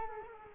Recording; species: mosquito wingbeat signal from an infrared sensor; Culex quinquefasciatus